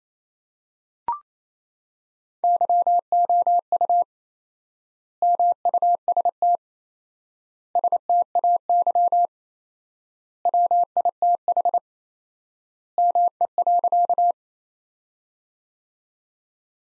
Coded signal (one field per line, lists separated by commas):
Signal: Morse code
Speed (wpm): 28 wpm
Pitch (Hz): 700 Hz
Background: none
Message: YOU MUST STAY WITH ME.